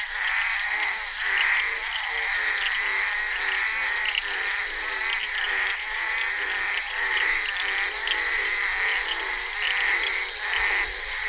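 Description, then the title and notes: Bullfrog chorus of rapid, ratcheting croaks overlapping continuously, over a constant shrill whine higher up. Recorded on the set of the film Bal poussière by Henri Duparc, February 1988. "crapaux buffle. enregistré sur le tournage Bal poussière dhenri duparc en février 1988"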